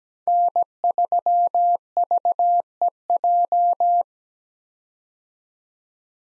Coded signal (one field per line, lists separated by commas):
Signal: Morse code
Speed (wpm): 17 wpm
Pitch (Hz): 700 Hz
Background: none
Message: N3VEJ